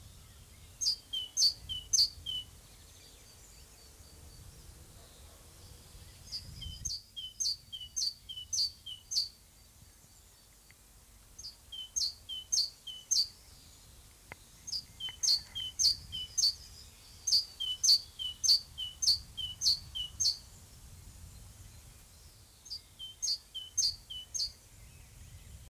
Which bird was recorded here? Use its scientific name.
Parus major